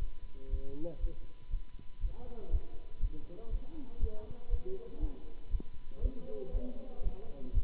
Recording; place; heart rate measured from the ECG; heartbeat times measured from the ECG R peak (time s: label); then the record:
heart sounds by stethoscope; between the tricuspid and mitral areas; 119 bpm
0.48 s: heartbeat
0.99 s: heartbeat
1.49 s: heartbeat
1.99 s: heartbeat
2.49 s: heartbeat
2.99 s: heartbeat
3.49 s: heartbeat
3.98 s: heartbeat
4.48 s: heartbeat
4.98 s: heartbeat
5.49 s: heartbeat
6.00 s: heartbeat
6.50 s: heartbeat
7.01 s: heartbeat
7.52 s: heartbeat
From the record:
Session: Bruce protocol treadmill stress test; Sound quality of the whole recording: good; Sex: male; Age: 26 years